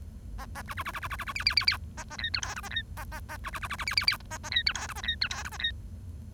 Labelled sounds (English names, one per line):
Bengalese Finch song